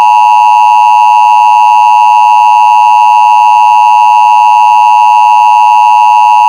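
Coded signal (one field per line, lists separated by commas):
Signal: Emergency Alert System (SAME) tones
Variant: 853 and 960 Hz attention tone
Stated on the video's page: Fictional EAS scenario.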